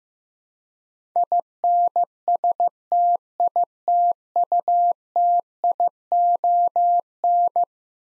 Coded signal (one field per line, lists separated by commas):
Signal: Morse code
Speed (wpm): 15 wpm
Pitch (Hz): 700 Hz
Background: none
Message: INSTITUTION